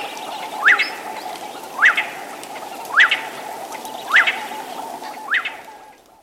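Common gonolek calls: a clear, rising whistled note repeated about once a second, five times, over a steady low hum.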